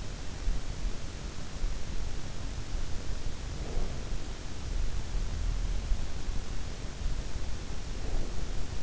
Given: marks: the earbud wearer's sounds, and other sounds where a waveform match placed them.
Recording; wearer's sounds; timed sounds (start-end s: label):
sounds in sleep by an in-ear microphone; breath
3.30-4.33 s: breath
7.69-8.83 s: breath